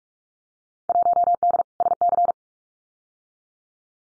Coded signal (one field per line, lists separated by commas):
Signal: Morse code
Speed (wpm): 46 wpm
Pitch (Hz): 700 Hz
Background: none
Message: 1D SC